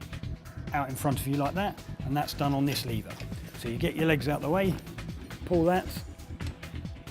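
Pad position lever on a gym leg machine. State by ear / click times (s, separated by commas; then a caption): not seated / none. Someone talks while handling the pad position lever on a gym leg machine, pulling it to swing the leg pad into position, with a few faint short knocks near the end. Background music plays throughout. Nothing has seated or clicked yet.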